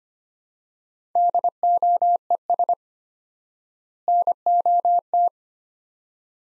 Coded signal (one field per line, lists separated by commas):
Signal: Morse code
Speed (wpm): 25 wpm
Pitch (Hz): 700 Hz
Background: none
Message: DOES NOT